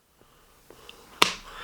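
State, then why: Seated. A MagSafe magnetic ring holder is brought against the back of an Otterbox Symmetry cactus leather case on an Apple iPhone 16 Pro. A few faint taps and a brief tick come first, then the holder pulls itself on with one loud, sharp snap at 1.2 s, leaving a short ringing tail. It is seated with a strong magnetic connection.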